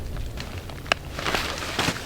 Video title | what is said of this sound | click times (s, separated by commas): NEMO Tensor Insulated vs Sea to Summit Ether Light XT - Sleeping Pad Comparison | and it all gives you like kind of a satisfying click when you know you've got it incorrectly which is it's a nice | 0.9 s